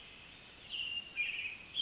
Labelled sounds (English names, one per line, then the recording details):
Pacific Wren
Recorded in Sonoma County, California